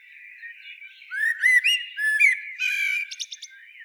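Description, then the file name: Common blackbird singing a mellow whistled phrase, then a burst of quick, squeaky high twittering notes near the end. "Turdus merula"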